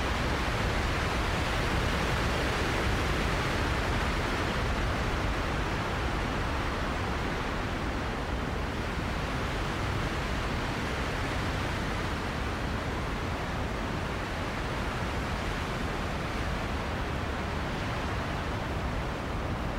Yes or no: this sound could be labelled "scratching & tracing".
no